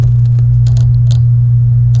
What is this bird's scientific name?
Serinus canaria